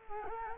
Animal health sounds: mosquito wingbeat signal from an infrared sensor; Culex quinquefasciatus

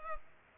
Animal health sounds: mosquito wingbeat signal from an infrared sensor; Culex pipiens

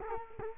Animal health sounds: mosquito wingbeat signal from an infrared sensor; Culex quinquefasciatus

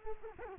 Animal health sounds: mosquito wingbeat signal from an infrared sensor; Culex quinquefasciatus

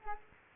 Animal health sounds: mosquito wingbeat signal from an infrared sensor; Culex quinquefasciatus

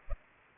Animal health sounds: mosquito wingbeat signal from an infrared sensor; Culex pipiens

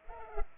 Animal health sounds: mosquito wingbeat signal from an infrared sensor; Culex pipiens

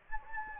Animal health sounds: mosquito wingbeat signal from an infrared sensor; Anopheles gambiae

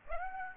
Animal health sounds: mosquito wingbeat signal from an infrared sensor; Aedes aegypti

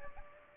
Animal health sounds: mosquito wingbeat signal from an infrared sensor; Aedes aegypti

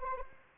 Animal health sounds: mosquito wingbeat signal from an infrared sensor; Anopheles arabiensis

